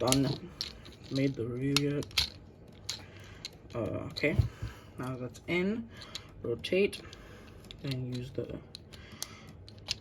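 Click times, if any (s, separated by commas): 9.9 s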